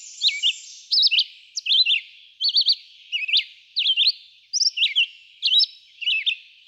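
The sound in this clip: Red-eyed vireo singing short, sharp phrases, each a quick cluster of high notes, repeated in quick succession.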